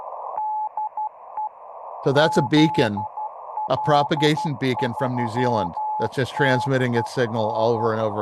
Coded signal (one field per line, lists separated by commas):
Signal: Morse code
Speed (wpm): 12 wpm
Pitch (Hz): 860 Hz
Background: speech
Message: DE ZL3TEN